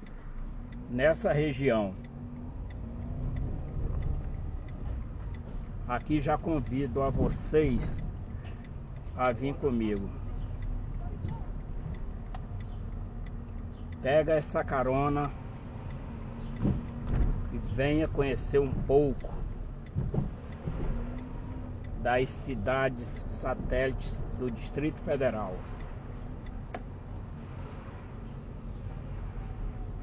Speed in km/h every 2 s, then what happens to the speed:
10, 16, 14, 15, 13, 14, 16, 17, 17, 12, 15, 15, 17, 18, 14.
0-26 steady at about 15.